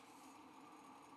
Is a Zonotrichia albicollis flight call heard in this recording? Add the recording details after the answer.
no. No flight call is heard. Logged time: 09:56 on 5 December 2014